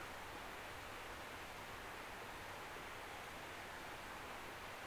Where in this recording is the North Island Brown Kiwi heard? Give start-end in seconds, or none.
none